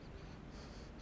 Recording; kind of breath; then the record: one breath in and out by a microphone near the nose and mouth; strong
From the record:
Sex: male